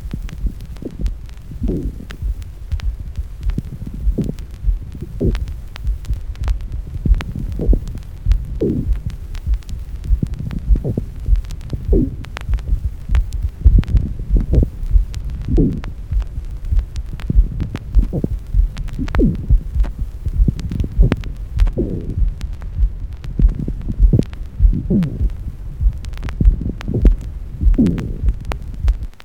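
Low, rough creaking and grating sounds recur in short bursts, each with a brief squeaky rise, over a steady low hum, heard over an adult chest. This is a coarse pleural friction rub: inflamed pleural surfaces rubbing against each other with breathing.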